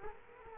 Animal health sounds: mosquito wingbeat signal from an infrared sensor; Culex quinquefasciatus

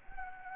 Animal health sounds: mosquito wingbeat signal from an infrared sensor; Anopheles gambiae

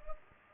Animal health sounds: mosquito wingbeat signal from an infrared sensor; Culex pipiens

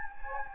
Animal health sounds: mosquito wingbeat signal from an infrared sensor; Anopheles gambiae

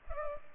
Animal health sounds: mosquito wingbeat signal from an infrared sensor; Culex pipiens

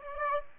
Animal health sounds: mosquito wingbeat signal from an infrared sensor; Aedes aegypti

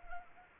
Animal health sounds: mosquito wingbeat signal from an infrared sensor; Anopheles arabiensis

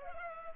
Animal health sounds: mosquito wingbeat signal from an infrared sensor; Culex pipiens

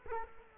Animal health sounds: mosquito wingbeat signal from an infrared sensor; Culex quinquefasciatus

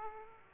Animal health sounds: mosquito wingbeat signal from an infrared sensor; Aedes aegypti

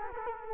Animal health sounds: mosquito wingbeat signal from an infrared sensor; Culex quinquefasciatus

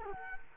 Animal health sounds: mosquito wingbeat signal from an infrared sensor; Culex quinquefasciatus

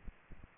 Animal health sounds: mosquito wingbeat signal from an infrared sensor; Aedes aegypti

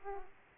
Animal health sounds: mosquito wingbeat signal from an infrared sensor; Aedes aegypti

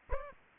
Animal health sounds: mosquito wingbeat signal from an infrared sensor; Aedes aegypti

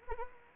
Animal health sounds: mosquito wingbeat signal from an infrared sensor; Anopheles arabiensis

